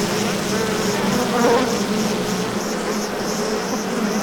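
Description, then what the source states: Honey bee hive buzzing, a continuous thick drone of many wings. Active hive of angry bees.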